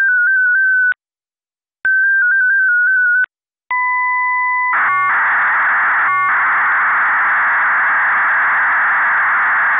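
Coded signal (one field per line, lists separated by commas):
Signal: fast PSK data mode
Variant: 8PSK1000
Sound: two short warbling ID tone bursts, a two-tone chord, then steady wideband hiss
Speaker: ik heb dat nu in 8psk duizend achter de twee afbeeldingen geknoopt nou dat is nog aardig gelukt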